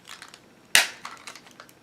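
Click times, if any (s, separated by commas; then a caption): 0.8 s. Two plastic build-a-figure pieces of a McFarlane Toys DC Multiverse toy Batmobile are pushed together, with faint small clicks and rustles of handling. A sharp, bright snap at 0.8 s shows the toy vehicle piece seating into its mating piece. Lighter ticks follow as the pieces are handled.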